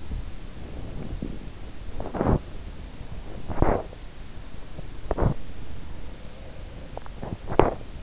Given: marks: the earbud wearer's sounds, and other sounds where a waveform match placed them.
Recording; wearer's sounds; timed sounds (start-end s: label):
sounds in sleep by an in-ear microphone; body movement
0.50-1.70 s: sound from someone else or the room
1.96-8.03 s: body movement